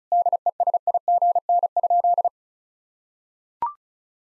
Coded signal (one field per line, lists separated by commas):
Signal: Morse code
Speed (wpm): 34 wpm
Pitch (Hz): 700 Hz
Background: none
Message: DESIGN?